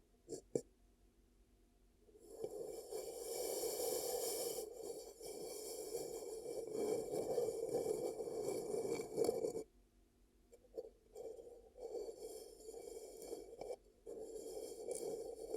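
Ear cupping ASMR: a dense rustling, muffled rush from about two to nine seconds, then quieter, choppier cupping bursts with brief pauses.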